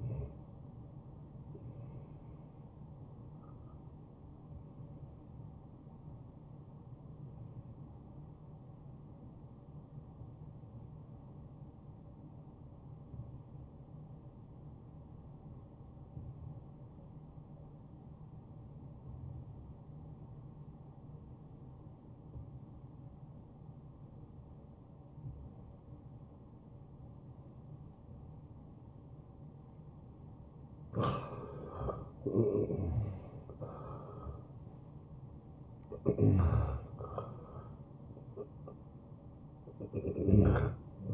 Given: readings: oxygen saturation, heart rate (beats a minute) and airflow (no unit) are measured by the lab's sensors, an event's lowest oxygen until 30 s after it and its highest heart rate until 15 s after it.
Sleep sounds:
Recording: breathing in sleep by a smartphone at the bedside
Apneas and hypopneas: 1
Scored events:
5.00-31.40 s: hypopnea (N1, oxygen 94% highest, then 80% lowest, heart rate 75 at the start, 81 highest)
From the record:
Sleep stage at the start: N1 (lightest sleep)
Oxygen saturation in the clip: 83 to 94%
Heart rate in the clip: 68 to 81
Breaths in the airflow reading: 13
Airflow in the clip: -14.7 to 8.8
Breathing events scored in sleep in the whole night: 263 in 5.5 hours asleep

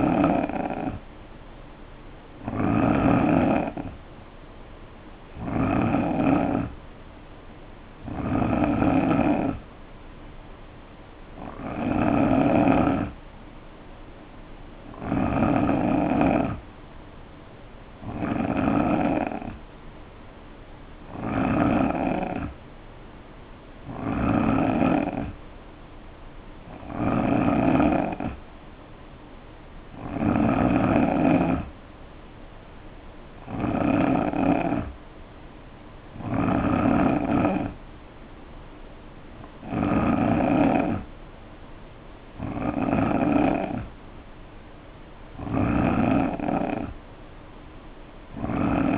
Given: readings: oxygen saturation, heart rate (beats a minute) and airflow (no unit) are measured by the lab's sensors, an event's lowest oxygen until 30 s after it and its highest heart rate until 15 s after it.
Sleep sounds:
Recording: breathing in sleep by a voice recorder at the bedside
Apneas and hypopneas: none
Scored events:
none scored
From the record:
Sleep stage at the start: N3 (deep sleep)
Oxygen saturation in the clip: 88 to 89%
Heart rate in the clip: 63 to 71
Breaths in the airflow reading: 16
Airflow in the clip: -4.1 to 3.0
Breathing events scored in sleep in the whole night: 520 in 7.2 hours asleep

